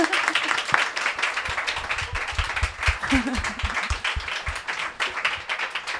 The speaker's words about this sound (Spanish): un aplauso a Anisio, si queréis, que os veo con ganas